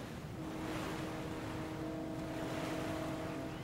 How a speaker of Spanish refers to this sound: Vieron llegar el barco a vapor de Fiadoxia, ya sin luces, iluminado solo por la claridad del alba.